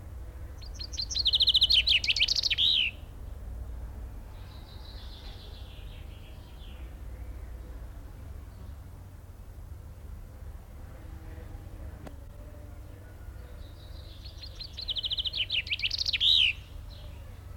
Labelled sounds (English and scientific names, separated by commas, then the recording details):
Common Chaffinch (Fringilla coelebs)
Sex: male
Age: adult
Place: Zoo Dresden, Sachsen, DE
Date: 1993-05-17 13:39
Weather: heiter, 22-26 °C
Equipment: Sony WM-D6C, Sennheiser ME 80, Kopie Uher Variocord 263
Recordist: Tembrock, Günter
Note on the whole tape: Gesang (in Voliere)